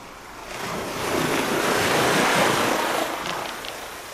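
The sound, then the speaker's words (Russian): A massive tsunami wave coming in from the sea crashes in a continuous roaring wash of water that swells to a peak midway, then slowly recedes, with no voices present. “Цунами до самого неба.”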